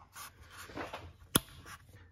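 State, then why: Seated. A plastic crankcase-ventilation cap with its diaphragm is lined up on a retrofitted BMW M56 valve cover (M54 retrofit) and pressed down hard by hand until its retaining tabs lock. Soft rubbing and handling sounds lead up to one sharp snap at 1.4 s, followed by quieter handling noise. The cap is seated and locked onto the valve cover.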